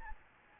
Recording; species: mosquito wingbeat signal from an infrared sensor; Aedes albopictus